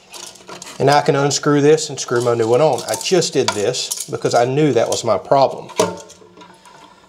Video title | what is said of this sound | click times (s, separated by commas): Fix your leaking toilet! American Standard Champion #788 | twist, hear that click. | 0.6 s